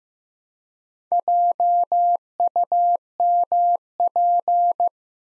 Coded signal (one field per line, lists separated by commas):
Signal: Morse code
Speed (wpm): 15 wpm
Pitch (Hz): 700 Hz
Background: none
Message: JUMP